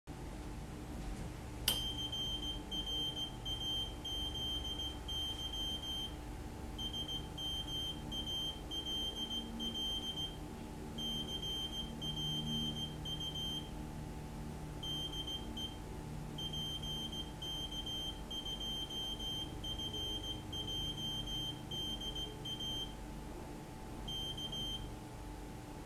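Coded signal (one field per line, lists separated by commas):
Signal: Morse code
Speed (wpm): 16 wpm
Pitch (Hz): 3150 Hz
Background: none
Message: CRAZY SMALL CPU DE PK2FJDA K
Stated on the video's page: Morse-encoded output generated by a small homebuilt CPU running at 8 MHz.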